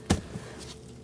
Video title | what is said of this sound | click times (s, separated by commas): How to Replace Fuel Pump Module Assembly 2000-2006 Mini Cooper 1.6L L4 | Going to push in until it pops into place. You're going to feel it. | 0.1 s